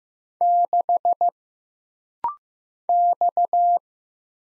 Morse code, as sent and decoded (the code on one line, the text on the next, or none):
-.... / -..-
6 X